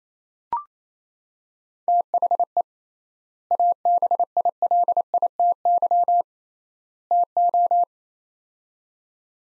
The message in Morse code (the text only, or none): THE ABILITY TO